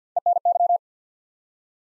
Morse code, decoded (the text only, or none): ENY